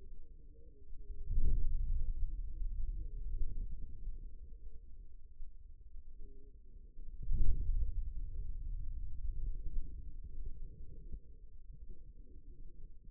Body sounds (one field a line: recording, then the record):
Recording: forearm muscle sounds (acoustic myography)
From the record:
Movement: hand closing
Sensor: system 2, bracelet of six BSWA MPA416 microphones around the upper forearm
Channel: 4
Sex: female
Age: 25 years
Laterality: right